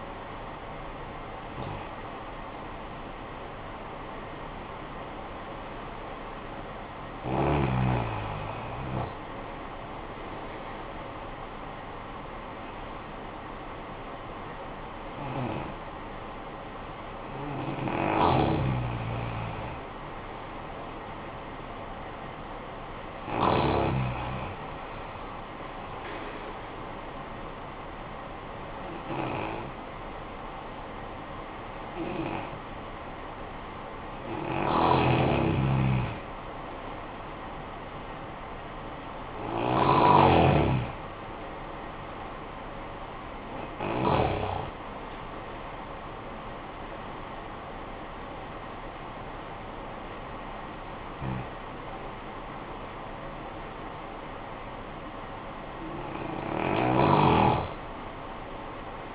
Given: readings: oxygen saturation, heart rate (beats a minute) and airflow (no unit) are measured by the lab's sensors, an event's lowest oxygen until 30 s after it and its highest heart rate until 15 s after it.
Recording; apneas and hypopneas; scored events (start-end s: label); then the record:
breathing in sleep by a voice recorder at the bedside; 1
30.00-45.50 s: hypopnea (N1, oxygen 95% highest, then 94% lowest, heart rate 58 at the start, 69 highest)
From the record:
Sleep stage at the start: N1 (lightest sleep); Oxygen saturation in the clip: 72 to 95%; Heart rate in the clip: 48 to 69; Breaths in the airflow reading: 11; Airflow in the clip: -10.9 to 9.8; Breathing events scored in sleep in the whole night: 445 in 7.6 hours asleep